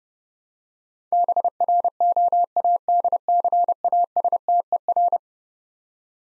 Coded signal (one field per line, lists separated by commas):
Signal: Morse code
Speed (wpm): 30 wpm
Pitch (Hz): 700 Hz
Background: none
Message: BROADCASTER